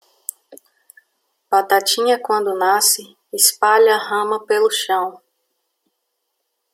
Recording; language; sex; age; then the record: short text; Brazilian Portuguese; female; 30 to 39 years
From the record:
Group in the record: control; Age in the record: 37 years